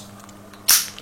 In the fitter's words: voilà on a entendu bien l'éclipse voilà donc